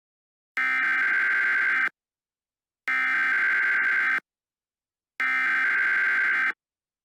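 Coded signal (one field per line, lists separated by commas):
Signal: Emergency Alert System (SAME) tones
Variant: header bursts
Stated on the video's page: Fictional EAS scenario recombined from two parts of an older scenario.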